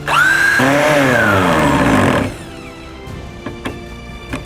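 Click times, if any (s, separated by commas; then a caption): none. A cordless impact driver with a square-drive bit drives the first square-drive wood screw into a wooden board, whining loudly with shifting tones from about 0.1 to 2.2 s before dropping to a quieter stretch with music and short hits at about 3.5, 3.7 and 4.4 s. The bit cams out and strips the screw head, and nothing has seated or clicked.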